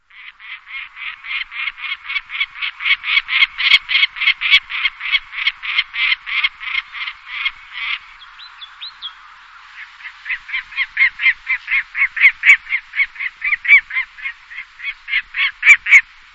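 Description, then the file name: Lanner falcon giving harsh, rapid cackling notes, about four per second in a long steady series, pausing briefly near eight seconds before resuming the repeated grating cries. "falco biarmicus"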